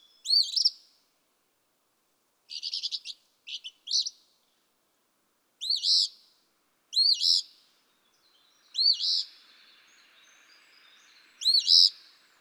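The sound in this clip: Eastern phoebe song: raspy two-part phrases with a burst of rapid chattering notes in between, faint background hiss toward the end.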